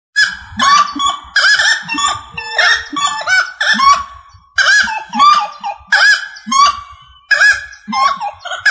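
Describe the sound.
Rail calls, loud nasal honking notes in rapid overlapping bursts, harmonically rich.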